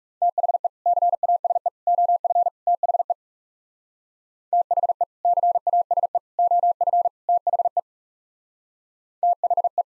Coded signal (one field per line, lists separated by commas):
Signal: Morse code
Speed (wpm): 36 wpm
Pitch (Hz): 700 Hz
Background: none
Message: THE CASE OF THE THE CASE OF THE THE